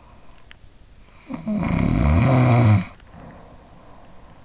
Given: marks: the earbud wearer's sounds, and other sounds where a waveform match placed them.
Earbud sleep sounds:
sounds in sleep by an in-ear microphone; snoring breath
0.99-4.24 s: snoring breath

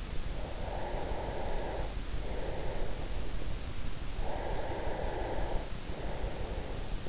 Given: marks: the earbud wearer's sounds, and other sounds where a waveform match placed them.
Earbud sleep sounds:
sounds in sleep by an in-ear microphone; breath
0.20-3.47 s: breath
3.83-7.09 s: breath

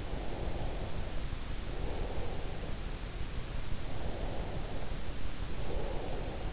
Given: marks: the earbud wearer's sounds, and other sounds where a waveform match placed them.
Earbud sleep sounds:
sounds in sleep by an in-ear microphone; breath
0.13-2.70 s: breath
3.96-6.53 s: breath

